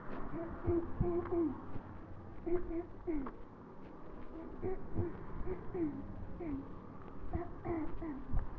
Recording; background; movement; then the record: throat clearing; traffic; walking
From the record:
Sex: female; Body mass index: 18.8 kg/m2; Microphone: on the chest, facing the body